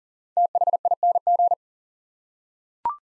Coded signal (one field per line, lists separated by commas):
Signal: Morse code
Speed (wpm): 37 wpm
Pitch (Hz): 700 Hz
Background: none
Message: THING